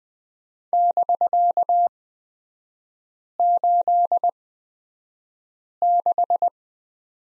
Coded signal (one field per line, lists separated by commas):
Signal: Morse code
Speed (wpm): 20 wpm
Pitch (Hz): 700 Hz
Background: none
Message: <BK>86